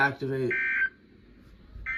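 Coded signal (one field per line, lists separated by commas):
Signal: Emergency Alert System (SAME) tones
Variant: end-of-message bursts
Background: speech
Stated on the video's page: Required Weekly Test EAS alert.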